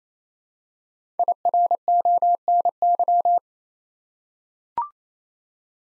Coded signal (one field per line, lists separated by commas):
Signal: Morse code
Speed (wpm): 29 wpm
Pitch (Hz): 700 Hz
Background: none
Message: IRONY